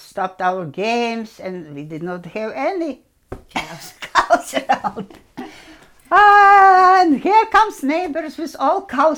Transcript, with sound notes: stopped our games and we did not have any (laughing) cows around. And here comes neighbors with all cows.